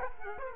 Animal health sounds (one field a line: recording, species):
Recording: mosquito wingbeat signal from an infrared sensor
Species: Culex quinquefasciatus